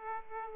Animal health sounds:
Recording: mosquito wingbeat signal from an infrared sensor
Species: Aedes aegypti

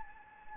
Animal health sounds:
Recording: mosquito wingbeat signal from an infrared sensor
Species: Anopheles gambiae

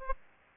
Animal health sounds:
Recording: mosquito wingbeat signal from an infrared sensor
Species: Aedes aegypti

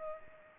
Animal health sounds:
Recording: mosquito wingbeat signal from an infrared sensor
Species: Culex pipiens

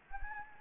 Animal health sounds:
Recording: mosquito wingbeat signal from an infrared sensor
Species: Anopheles gambiae

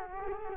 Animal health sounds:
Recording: mosquito wingbeat signal from an infrared sensor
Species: Culex quinquefasciatus

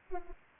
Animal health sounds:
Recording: mosquito wingbeat signal from an infrared sensor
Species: Anopheles arabiensis

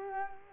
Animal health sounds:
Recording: mosquito wingbeat signal from an infrared sensor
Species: Culex quinquefasciatus

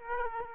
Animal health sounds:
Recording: mosquito wingbeat signal from an infrared sensor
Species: Aedes aegypti

